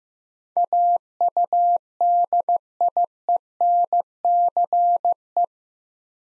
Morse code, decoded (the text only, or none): AUDIENCE